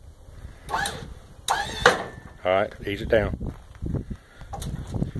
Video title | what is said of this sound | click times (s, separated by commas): VID 20140216 125110686 | if you heard it click there there's a hook i think it showed it in the product video | 1.5 s